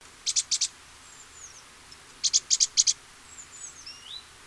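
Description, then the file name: Great tit song, two rapid phrases of high, ringing paired notes, with thin sliding whistles in the background. "Parus major"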